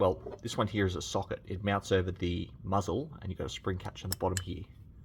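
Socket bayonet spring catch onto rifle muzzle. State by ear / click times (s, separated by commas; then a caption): not seated / none. A steel IMBEL FAL Type C socket bayonet, which mounts over the rifle muzzle and has a spring catch on the bottom, is handled while someone talks throughout. Nothing has seated or clicked yet; the spring catch has not snapped home by the end of the clip.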